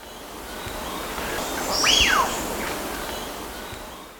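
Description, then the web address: Wattled guan call: a single arched whistled note that rises sharply then slides back down, heard once over a steady hiss of background noise. Ecuador. "Birds of Ecuador. Wattled Guan"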